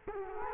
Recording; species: mosquito wingbeat signal from an infrared sensor; Culex quinquefasciatus